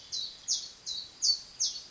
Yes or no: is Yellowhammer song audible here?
no